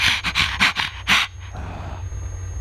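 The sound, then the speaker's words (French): A person imitates a dog panting with the tongue hanging out: about five quick, breathy huffs in a steady rhythm, airy and bright with a raspy throat sound at each breath, then a softer trailing exhale fading into quiet. “Par exemple, respirez comme un chien, la langue pendante avec un bruit de gorge rauque à chaque bouffée d'air.”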